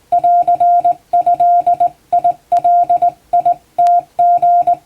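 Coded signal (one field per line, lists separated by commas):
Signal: Morse code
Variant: Japanese Wabun code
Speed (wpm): 20 wpm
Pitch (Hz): 700 Hz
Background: music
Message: ンドガムリ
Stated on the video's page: Hand-keyed Japanese Wabun Morse sent by a first-class radiotelegraph operator for receiving practice, using typing-test practice text; playback speed adjustable.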